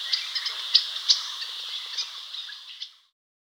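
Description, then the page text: Striated yuhina calls: several bright, high chip notes and soft twitters over about three seconds before the sound cuts to silence. "Striated Yuhina Calls. Quick Sounds"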